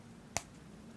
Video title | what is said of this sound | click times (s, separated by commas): Guanqin watch Review. | it just clicks into place. | 0.4 s